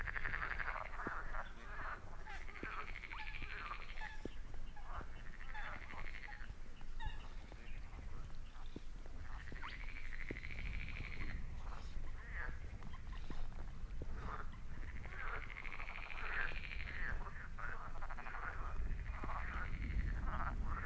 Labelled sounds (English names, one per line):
Spotted Crake